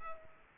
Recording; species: mosquito wingbeat signal from an infrared sensor; Culex pipiens